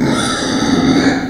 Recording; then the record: squeal of a Yucatan mini pig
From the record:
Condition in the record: before surgery on the right vocal fold (resection and tissue-engineered implant); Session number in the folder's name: 3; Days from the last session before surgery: 0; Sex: female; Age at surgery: 19 weeks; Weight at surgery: 25 kg